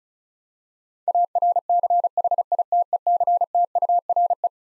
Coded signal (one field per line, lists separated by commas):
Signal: Morse code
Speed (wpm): 36 wpm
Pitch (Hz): 700 Hz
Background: none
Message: ARCHITECTURE